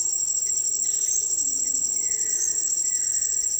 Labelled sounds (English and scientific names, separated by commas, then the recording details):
Violaceous Jay (Cyanocorax violaceus)
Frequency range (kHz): Violaceous Jay (Cyanocorax violaceus) 1.4-2.5 kHz
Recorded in dense forest near Puerto Asís, Putumayo, Colombia, on 18 February 2024 at 09:00
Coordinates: 0.484, -76.317
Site G6464